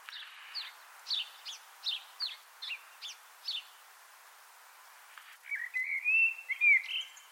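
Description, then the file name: Eurasian blackbird: a run of several short, high, sharp notes over about three seconds, then a louder burst of warbled, whistled notes near the end. "Turdus merula"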